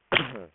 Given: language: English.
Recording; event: throat vibration sensor signal played as sound; cough